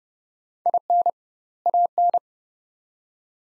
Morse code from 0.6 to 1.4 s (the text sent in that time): IN